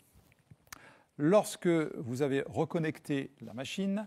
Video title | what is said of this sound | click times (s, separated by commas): SEFAM SBox L' humidificateur chauffant (en Français) MultiDoctorShop.com | le poussant au maximum dans l'appareil jusqu'à entendre le clic de verrouillage lorsque | 0.7 s